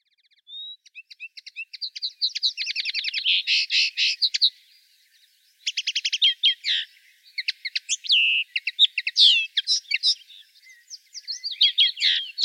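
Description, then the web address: Common linnet singing a long, fast twittering medley of buzzy trills, clipped chirps and whistled notes, pausing briefly midway before resuming; clean background. "rdewys kneu"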